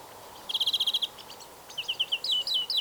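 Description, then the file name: European greenfinch giving a fast, even trill of about ten notes, then a looser run of twittering notes. "Chloris chloris"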